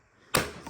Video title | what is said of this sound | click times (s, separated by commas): The 3x final Dyson DC04 models! [Premium range] | snaps into place. Fantastic design right there. | 0.4 s